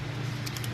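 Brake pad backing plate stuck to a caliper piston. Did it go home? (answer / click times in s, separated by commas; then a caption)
released / 0.5 s, 0.6 s. A brake pad on a Porsche 911 GTS (997, center lock) is pried very lightly so the metal plate stuck to the pad's back separates from the caliper piston. Short metallic clicks at 0.5, 0.6 and 0.6 seconds mark the plate coming free, over a steady low hum. The plate is released from the piston.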